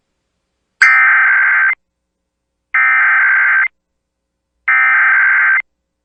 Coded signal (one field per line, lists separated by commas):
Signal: Emergency Alert System (SAME) tones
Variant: header bursts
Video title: EAS Required Monthly Test Albany County, Wyoming (KLMI Laramie, WY) +WeatherSTAR4000